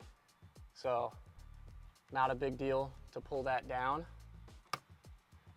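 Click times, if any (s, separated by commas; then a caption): 4.7 s. Interior trim near the headliner and A-pillar of a Tesla Cybertruck is pushed back onto its body clips while a digital screen and camera rear view mirror is being installed. Someone talks, then a single sharp snap is heard at 4.7 s as the trim seats back into place.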